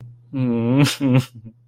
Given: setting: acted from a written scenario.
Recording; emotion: vocal sound without words; sadness